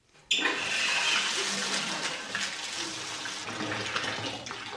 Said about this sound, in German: Was machen Sie da? Ich lasse etwas kühleres Wasser ein.